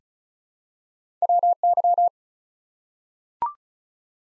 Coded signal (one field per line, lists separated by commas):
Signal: Morse code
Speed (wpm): 36 wpm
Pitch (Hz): 700 Hz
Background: none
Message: WY